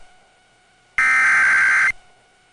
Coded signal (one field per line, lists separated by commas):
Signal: Emergency Alert System (SAME) tones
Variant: header bursts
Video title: Severe Thunderstorm Warning on KYET-AM (6/29/2022) (EAS #1667)